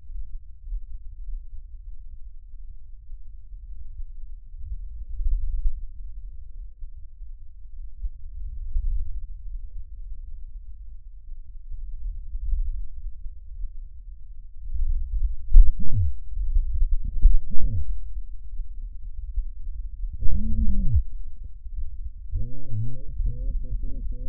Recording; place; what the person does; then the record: lung sounds by stethoscope; trachea; quiet breathing, then cough and speech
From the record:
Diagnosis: pulmonary infection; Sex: male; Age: 54 years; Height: 187 cm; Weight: 95 kg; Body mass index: 27.2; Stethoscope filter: bell mode